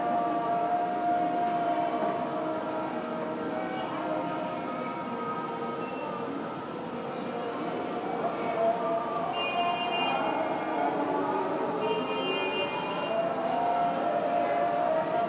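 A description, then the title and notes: A call to prayer drifts over a busy city, its long held vocal notes rising and falling through a dense, steady wash of traffic and street noise. Around ten and twelve seconds, brief bright hissing bursts cut through the din. The Call To Prayer In Zamalek. At Medley Restaurant in Zamalek. It may have been about 5:30 p.m.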